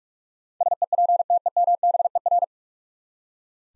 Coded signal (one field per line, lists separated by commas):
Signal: Morse code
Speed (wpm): 43 wpm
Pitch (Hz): 700 Hz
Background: none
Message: SEPTEMBER